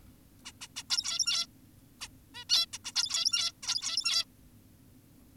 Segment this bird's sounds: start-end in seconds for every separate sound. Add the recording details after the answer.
0.45-0.52, 0.61-0.68, 0.76-0.83, 0.90-1.46, 2.01-2.08, 2.35-2.44, 2.50-2.66, 2.73-2.78, 2.85-2.93, 2.96-3.52, 3.63-4.25. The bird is an adult. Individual g17y2U